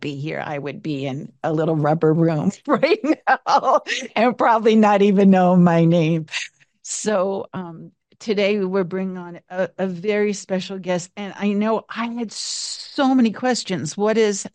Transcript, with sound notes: I would be in a little rubber room right now (laughs) and probably not even know my name. So, um, today we're bringing on a, a very special guest, and I know I had so many questions.